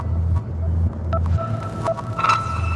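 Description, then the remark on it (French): A convoy truck carrying a highly sensitive, dangerous load, escorted by two motorcyclists, rolls past on a four-lane road open to traffic: a steady, heavy low engine drone, joined by brief higher-pitched motor whines and a few sharp clicks toward the end. “Escorté par deux motards, il emprunte une quatre voies, toujours ouverte à la circulation.”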